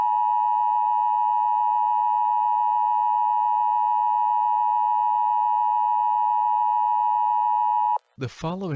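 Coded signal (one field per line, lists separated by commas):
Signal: Emergency Alert System (SAME) tones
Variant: 853 and 960 Hz attention tone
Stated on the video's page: Fictional EAS scenario, not a real alert.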